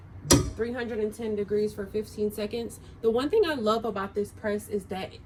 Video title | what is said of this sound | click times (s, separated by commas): SISER EASYCOLOR DTV UPDATE - DO I STILL LIKE IT - FOR BEGINNERS | the timer does not start counting down until it clicks all the way closed. | 0.3 s